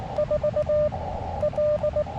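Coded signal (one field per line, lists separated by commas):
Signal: Morse code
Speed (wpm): 19 wpm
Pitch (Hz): 590 Hz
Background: radio noise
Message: 4 L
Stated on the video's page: Morse from a Beaches on the Air activation using a SOTABEAM 10m travel mast.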